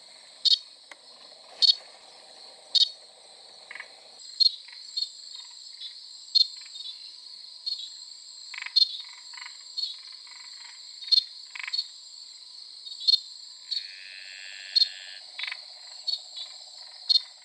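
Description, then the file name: Desert froglet calling: brief, sharp chirps repeated roughly once a second over a continuous high insect hum. "crinia deserticola"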